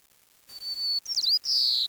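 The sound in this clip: Bird call: a long, steady high whistle, then quick twisting slurred notes and a broader high note held to the end.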